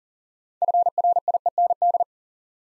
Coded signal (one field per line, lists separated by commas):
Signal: Morse code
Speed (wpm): 40 wpm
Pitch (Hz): 700 Hz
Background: none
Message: FRIEND